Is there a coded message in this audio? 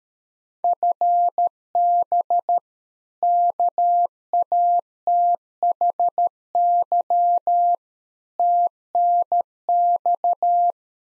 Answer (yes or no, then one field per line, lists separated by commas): yes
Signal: Morse code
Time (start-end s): 0.6-10.7 s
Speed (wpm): 13 wpm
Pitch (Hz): 700 Hz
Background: none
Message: FB KATHY TNX